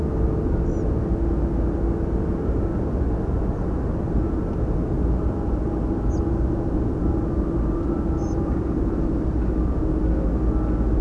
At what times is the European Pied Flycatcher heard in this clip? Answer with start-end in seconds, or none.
0.65-0.83, 6.09-6.20, 8.17-8.35